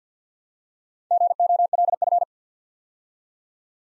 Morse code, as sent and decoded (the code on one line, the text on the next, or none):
--. --- .-.. ..-.
GOLF